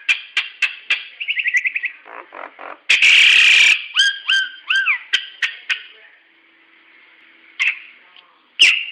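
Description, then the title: Nias hill myna calls: sharp clicks, a harsh burst, then paired whistled notes with a falling tail, brief sharp notes and a lull. "Burung jalak nias"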